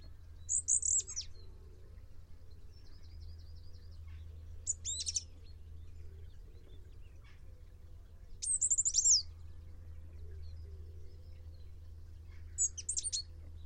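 Bird calls in four bursts of sharp, high chirps spread throughout, plus a faint buzzy trill between the first two, over steady low hum.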